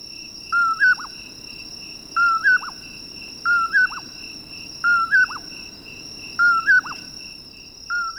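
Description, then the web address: Nightjar giving a short whistled phrase, repeated steadily several times over a steady high background tone. "BIRD NOTE. Nightjars"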